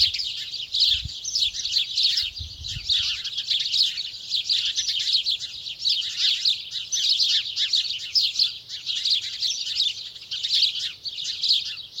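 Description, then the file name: House sparrows in a busy flock, many overlapping chirps running on without pause, with a couple of low thumps near the start. "Passer domesticus"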